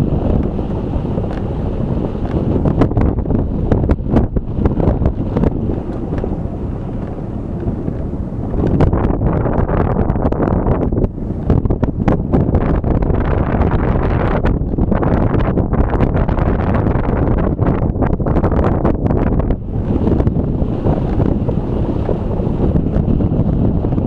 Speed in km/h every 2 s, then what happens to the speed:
25, 24, 24, 21, 20, 21, 22, 24, 25, 26, 24, 24.
0-24 steady at about 24.